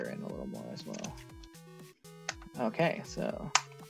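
A protective plastic cover is handled and pressed toward the little plastic clips on a toy robot body, while someone talks over background music. There are a few brief knocks, the sharpest near 2.3 s, but nothing has seated or clicked yet.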